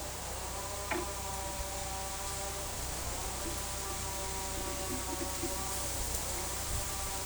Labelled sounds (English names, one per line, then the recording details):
none
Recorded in dense forest near Puerto Asís, Putumayo, Colombia, on 21 February 2024 at 11:30
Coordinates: 0.487, -76.319
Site G6403